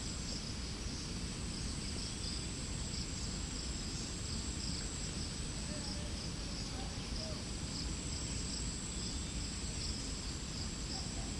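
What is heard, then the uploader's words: A steady outdoor scene at Sanjay Van Lake, filled with a constant shrill chorus of crickets and insects pulsing in a high band. Beneath it runs a dense, rumbling low wash of wind or background noise that stays even throughout. Sanjay Van is a city forest – one if the most thickly wooded areas in Delhi. The recording focuses on the area surrounding the lake where sewage water and effluent is discharged. Recorded by Bariya.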